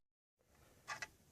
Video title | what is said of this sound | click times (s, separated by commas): Power Management Unit Build Part 4 | you push it and you hear you eventually hear a snap and then it's then it's done | 1.0 s